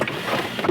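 A plastic trim retaining clip in the front floor and door sill trim panel of a Jeep Gladiator is pulled while the front floor trim and carpet are removed for an Armorlite install. A short, sharp click is heard at 0.1 s over a steady low rumble. The clip releases and pops out of the panel.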